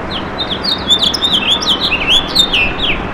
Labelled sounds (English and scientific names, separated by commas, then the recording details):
House Finch (Haemorhous mexicanus) song
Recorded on Long Island, New York, on 27 June 2012
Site BE
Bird A